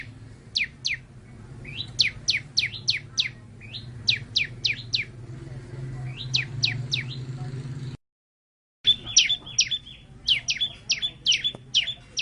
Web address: tieng chim sau xanh hot goi bay